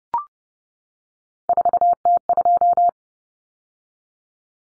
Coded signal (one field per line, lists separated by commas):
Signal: Morse code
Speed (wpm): 30 wpm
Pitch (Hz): 700 Hz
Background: none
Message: 4T2